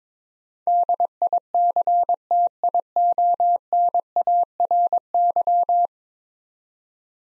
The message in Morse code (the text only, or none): DICTIONARY